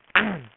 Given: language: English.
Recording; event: throat vibration sensor signal played as sound; throat clearing